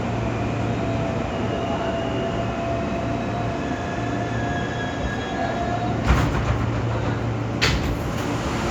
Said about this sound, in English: This is 14th Street. Transfers available to the 1, 2, 3, and L trains.